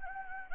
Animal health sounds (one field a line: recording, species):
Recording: mosquito wingbeat signal from an infrared sensor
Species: Anopheles gambiae